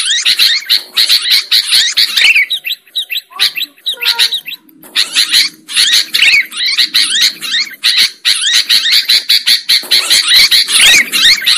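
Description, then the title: Sooty-headed bulbul in lively bubbly chatter, pausing briefly where a few lower whistled notes sound, then resuming rapid phrases. Bird lure recording. "PIKAT BURUNG KUTILANG"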